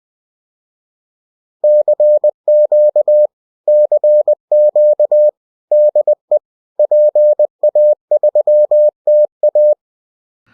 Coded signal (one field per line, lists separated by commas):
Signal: Morse code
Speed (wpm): 20 wpm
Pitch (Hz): 600 Hz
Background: none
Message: CQ CQ DE PA3TA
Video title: FT-8, a po co? Jest CW...